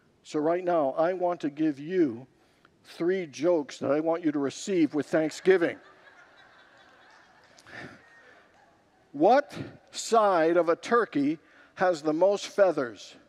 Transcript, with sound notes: So right now, I want to give you three jokes that I want you to receive with thanksgiving. [Congregants laugh] What side of a turkey has the most feathers?